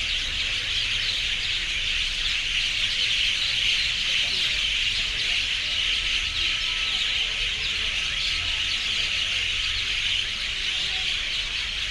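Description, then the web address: Birds shrieking en masse, a steady wall of high-pitched calls that never lets up, with a faint thin tone running underneath. Urban city ambience; extreme screaming from birds. "City Sounds AMBUrbn Birds, Scream, Extreme"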